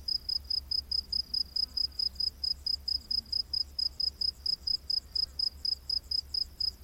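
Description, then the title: Cricket chirping, short high pulses repeated about twice a second at a steady pace, with a faint low hum underneath. Rainforest at night. "Crickets of the Rainforest"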